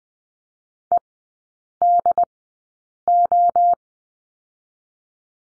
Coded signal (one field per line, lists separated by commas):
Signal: Morse code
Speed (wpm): 20 wpm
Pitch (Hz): 700 Hz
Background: none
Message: EDO